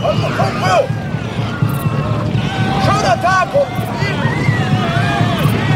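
A huge herd of pigs being driven over hillsides by drovers swinging sticks, a dense, continuous mass of grunting and overlapping high squeals over a steady low trampling rumble, with no pause throughout.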